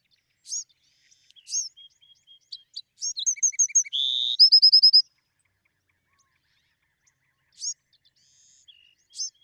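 Bewick's wren giving sparse high chips, then one full song of thin notes, a low buzz and a crisp rapid trill, followed by a few more chips.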